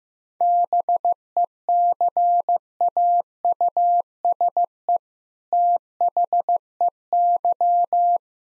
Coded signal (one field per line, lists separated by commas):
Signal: Morse code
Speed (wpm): 15 wpm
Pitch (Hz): 700 Hz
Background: none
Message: BECAUSE THEY